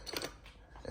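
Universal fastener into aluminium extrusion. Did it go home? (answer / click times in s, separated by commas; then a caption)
yes / 0.1 s, 0.2 s. A universal fastener for an aluminium extrusion frame is slid into the extrusion and locked in place, giving two sharp, short clicks at 0.1 s and 0.2 s. Softer, duller sounds follow around 0.5 s and 0.8 s. The fastener seats and locks.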